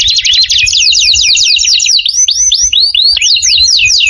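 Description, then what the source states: Canary singing a quick chattering trill that breaks into looping upward whistled slurs, high-pitched and continuous throughout. Lure call used for bird-trapping.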